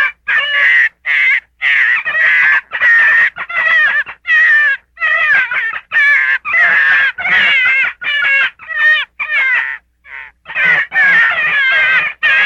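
Gray fox with repeated rough, quavering squeals in quick succession, a short gap near the end before the calling resumes.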